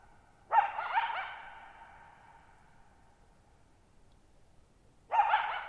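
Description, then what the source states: Coyote giving a quavering bark-yip that fades slowly into echo, then silence before a second call begins, quiet surroundings. Lone coyote at night, July 14, 2019, Thirtymile Meadows, Okanogan National Forest, Okanogan High Country, 6400 ft (1950 m); tall sharp mountains on a high, mostly dry plateau; shallow bowl-shaped meadow; quiet burbling and rippling from boggy ground.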